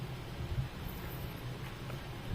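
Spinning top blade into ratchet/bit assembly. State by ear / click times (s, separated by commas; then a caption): not seated / none. Someone tries to lock a stiff plastic spinning-top blade into its ratchet and bit assembly, but the parts are too stiff to go together. Only a low, steady rumble and faint hiss are heard, with no sharp sound anywhere in the clip. Nothing has seated or clicked yet.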